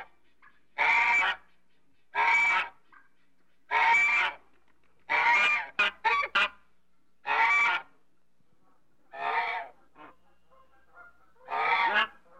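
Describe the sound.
African goose honking calls, loud harsh honks repeated every second or two, with a quick burst of three short honks midway.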